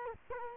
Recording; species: mosquito wingbeat signal from an infrared sensor; Culex quinquefasciatus